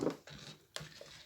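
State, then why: Seated. A small metal cutting die is placed on the plate of a die-cutting machine and slid under its clip, with soft rustling handling sounds. A sharp, short click at 0.8 s marks the die seating firmly under the clip, and it is then fixed in place.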